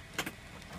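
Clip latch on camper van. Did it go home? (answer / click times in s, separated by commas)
yes / 0.2 s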